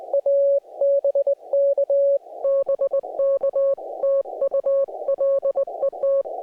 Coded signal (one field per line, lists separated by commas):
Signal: Morse code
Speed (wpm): 19 wpm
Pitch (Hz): 560 Hz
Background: music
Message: A BK BK TU LET